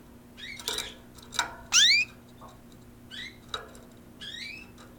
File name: Canarys Coincident Pair Electro Voice RE 510